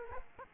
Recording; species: mosquito wingbeat signal from an infrared sensor; Aedes aegypti